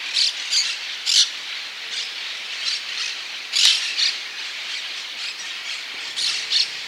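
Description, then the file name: Parakeet giving harsh screechy squawks in irregular bursts over a background of fainter calls. "cotorra Voz"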